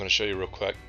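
A Ryobi sliding miter saw's turntable is being handled at its detent in the saw base, ahead of swinging to an angle preset. Someone talks over faint music. Nothing has seated or clicked yet.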